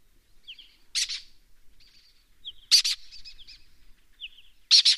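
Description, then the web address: Lesser kestrel, three loud harsh rasping calls about two seconds apart, each preceded by a thin descending squeak and soft chatter. "Lesser kestrel. صدای-پرنده-دلیجه-کوچک"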